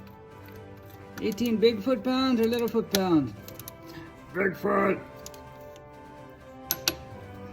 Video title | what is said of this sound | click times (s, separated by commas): May 25, 2025 | Click. My torque wrench doesn't have a very satisfying click. | 6.7 s, 6.9 s